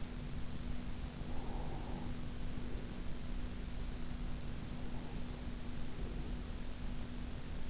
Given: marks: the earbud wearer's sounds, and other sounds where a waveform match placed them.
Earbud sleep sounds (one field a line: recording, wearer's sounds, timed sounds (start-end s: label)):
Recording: sounds in sleep by an in-ear microphone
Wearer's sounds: breath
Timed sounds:
1.25-3.05 s: breath